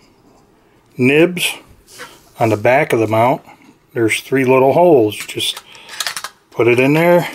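An iOttie Easy Tap 2 plastic phone mount head is handled against its base, lining its three nibs up with the three holes on the back of the mount, while someone talks. A short cluster of light handling ticks comes at about 6.0 to 6.2 seconds. The mount has not been slid up to lock, and nothing has seated or clicked yet.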